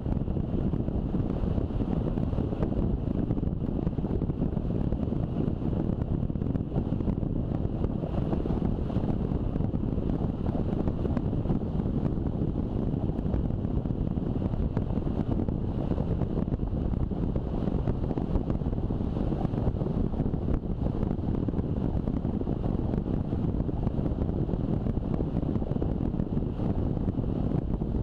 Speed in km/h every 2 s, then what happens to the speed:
35, 34, 34, 35, 35, 35, 35, 35, 36, 35, 35, 34, 34, 36.
0-28 steady at about 35.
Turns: none.